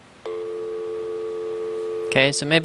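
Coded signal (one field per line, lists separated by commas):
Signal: telephone call progress tone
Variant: North America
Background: speech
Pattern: dial tone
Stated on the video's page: Call progress tones from an Obihai OBi200 VoIP adapter linked to Google Talk; the dial tone tended to blank out on first power-on while syncing.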